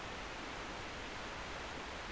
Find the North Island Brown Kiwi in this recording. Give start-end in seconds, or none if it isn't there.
none